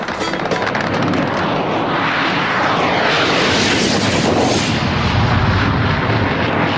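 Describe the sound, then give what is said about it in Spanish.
British warplanes attacking an open field in the middle of nowhere roar loudly overhead with a sweeping, rising-and-falling engine whine while artillery fire and blasts rumble in a dense, unbroken din, no voices heard. “Uno de los ataques de los aviones ingleses nos alcanzó en ese descampado en medio de la nada.”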